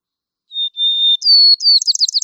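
White-crowned sparrow song: two clear whistled notes, then a higher whistle and a fast series of slurred chirps that runs to the end.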